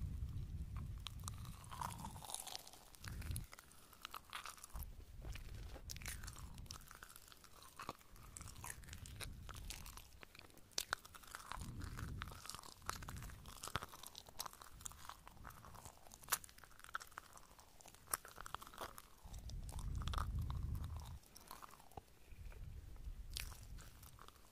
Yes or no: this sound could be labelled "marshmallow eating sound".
yes